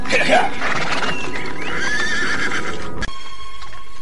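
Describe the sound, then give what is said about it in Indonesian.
A tired horse lets out a loud, quavering whinny, its shrill pitch wavering up and down, over the steady clatter of hooves, followed by a sharp click and a quieter stretch of hoofbeats. “Kuda ini sudah terlalu capek.”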